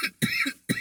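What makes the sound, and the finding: Adult man. Cough.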